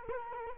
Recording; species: mosquito wingbeat signal from an infrared sensor; Culex quinquefasciatus